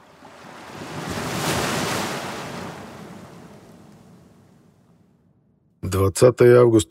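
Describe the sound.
A broad, hissing wash of ocean surf swells up and slowly recedes amid wind noise on the Pacific Ocean at 40° north, 159° east, at 10:05 on a morning in August 2017, fading almost to silence before a man's voice begins speaking at the end.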